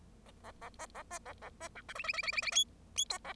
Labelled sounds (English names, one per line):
Bengalese Finch song